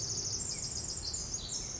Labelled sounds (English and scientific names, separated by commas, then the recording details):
Pacific Wren (Troglodytes pacificus)
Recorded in Sonoma County, California